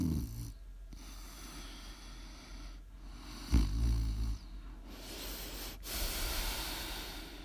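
A single low, rumbling, fluttering snore sounds near the middle, surrounded by soft, breathy airflow of quiet sleep breathing from a sleeping adult woman, heard close up as ASMR snoring for relaxing or falling asleep. This is ordinary sleep snoring from vibration of the relaxed upper airway.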